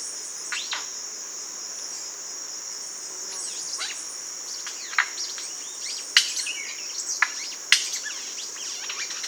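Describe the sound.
Bird calls, scattered sharp descending chirps, a few close together near the end, beneath a steady high-pitched insect chorus.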